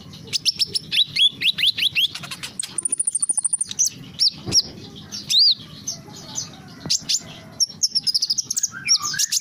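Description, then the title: Small bird chattering with fast series of high chirps, a sustained thin buzzy trill midway, then more rising and falling whistled notes. "Burung Kecil"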